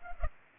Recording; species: mosquito wingbeat signal from an infrared sensor; Culex pipiens